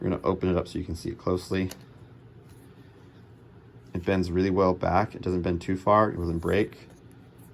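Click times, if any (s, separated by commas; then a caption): none. Someone talks while handling the plastic hanging tab on a comic book case, bending it back before it is released. Speech fills most of the clip, with a quiet stretch around 2 to 4 seconds. Nothing has seated or clicked yet; the clip ends just before the tab snaps back into place.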